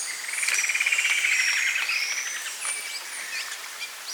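Bird trill, a quick run of even pulses lasting about two seconds and slowly fading, overlaid by thin high whistles from other birds.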